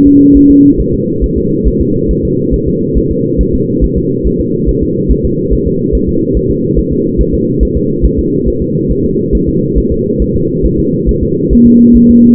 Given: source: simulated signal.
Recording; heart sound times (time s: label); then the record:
fetal heart sounds
0.07 s: S2
0.37 s: S1
0.51 s: S2
0.81 s: S1
0.94 s: S2
1.24 s: S1
1.38 s: S2
1.68 s: S1
1.81 s: S2
2.11 s: S1
2.25 s: S2
2.54 s: S1
2.68 s: S2
2.97 s: S1
3.11 s: S2
3.41 s: S1
3.55 s: S2
3.84 s: S1
3.98 s: S2
4.27 s: S1
4.41 s: S2
4.69 s: S1
4.83 s: S2
5.11 s: S1
5.25 s: S2
5.53 s: S1
5.67 s: S2
5.95 s: S1
6.09 s: S2
6.37 s: S1
6.51 s: S2
6.79 s: S1
6.92 s: S2
7.21 s: S1
7.34 s: S2
7.63 s: S1
7.77 s: S2
8.06 s: S1
8.19 s: S2
8.48 s: S1
8.62 s: S2
8.92 s: S1
9.05 s: S2
9.35 s: S1
9.49 s: S2
9.78 s: S1
9.92 s: S2
10.22 s: S1
10.36 s: S2
10.66 s: S1
10.79 s: S2
11.09 s: S1
11.23 s: S2
11.53 s: S1
11.67 s: S2
11.97 s: S1
12.10 s: S2
From the record:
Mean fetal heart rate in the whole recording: 140 bpm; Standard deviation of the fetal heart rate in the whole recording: 2 bpm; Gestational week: 34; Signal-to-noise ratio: -11.2 dB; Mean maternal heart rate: 72 bpm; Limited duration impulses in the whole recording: present